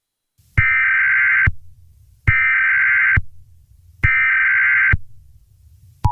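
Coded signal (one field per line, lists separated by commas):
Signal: Emergency Alert System (SAME) tones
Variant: header bursts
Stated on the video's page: Fictional Emergency Alert System scenario, the second and final part of a created attack story.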